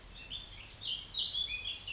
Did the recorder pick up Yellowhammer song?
no